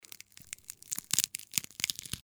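A quick run of short, dry popping and crackling sounds, bunched in clusters across about two seconds with no tone or wheeze, heard over an adult's lungs with a stethoscope. These are lung crackles, brief discontinuous sounds as collapsed small airways snap open or air passes through fluid.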